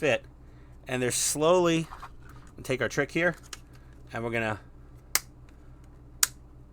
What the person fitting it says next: clickety clickety. Oh, who else loves that sound of things clicking into place?